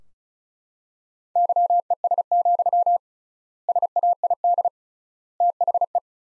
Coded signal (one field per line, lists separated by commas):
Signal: Morse code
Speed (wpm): 36 wpm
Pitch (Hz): 700 Hz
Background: none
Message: YES, SAID THE